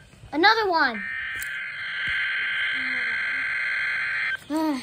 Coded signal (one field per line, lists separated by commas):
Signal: Emergency Alert System (SAME) tones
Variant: header bursts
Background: speech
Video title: Required weekly test EAS #15